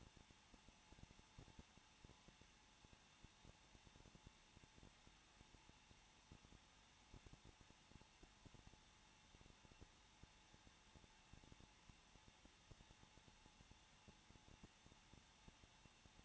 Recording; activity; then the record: daily activity, microphone in the room; no activity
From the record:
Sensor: 1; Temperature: 20.0 degrees Celsius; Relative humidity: 39.4%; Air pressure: 1006.4 hPa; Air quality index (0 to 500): 219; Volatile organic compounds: 83 ppm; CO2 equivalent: 3629 ppm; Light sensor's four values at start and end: 1/2/1/1 and 1/2/1/1